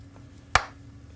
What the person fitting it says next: hear that click that's when you know it's airtight